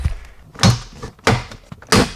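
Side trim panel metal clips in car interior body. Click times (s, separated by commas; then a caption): 0.6 s, 1.3 s, 1.9 s. A plastic side trim piece beside a fully reclined seat in a Tesla is pulled slowly away from the car body, and its metal retaining clips pop out one after another. Three sharp snaps are heard at about 0.6, 1.3 and 1.9 seconds, with fainter ticks in between, and the clips come loose, releasing the trim.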